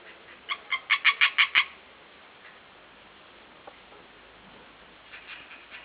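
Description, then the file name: European tree frog giving a quick burst of about seven loud, rasping notes, followed by quiet and a few fainter calls. "rosnicka"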